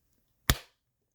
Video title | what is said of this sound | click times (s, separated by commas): Unboxing: IHOME Dash Mount | When you hear that snap, you know you have it. | 0.5 s